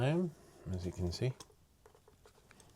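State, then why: Not seated. A plastic propeller guard for a DJI Mavic 3 Pro drone is handled against the drone arm while someone talks for the first 1.4 seconds. After that, a few faint, light taps and ticks follow in near silence. The guard has not yet snapped onto the arm, and nothing has seated or clicked yet.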